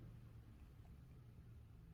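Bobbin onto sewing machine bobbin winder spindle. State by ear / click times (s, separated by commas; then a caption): not seated / none. A bobbin is being lined up on a sewing machine's bobbin winder spindle so the spindle's catch fits the bobbin's groove before it is pushed home. Only quiet handling and a steady low rumble are heard, and nothing has seated or clicked yet.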